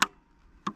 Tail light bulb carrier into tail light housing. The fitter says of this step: Okay. Okay. Click. Click. That's all.